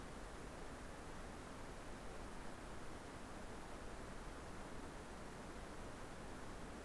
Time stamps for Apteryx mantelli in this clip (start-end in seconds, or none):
none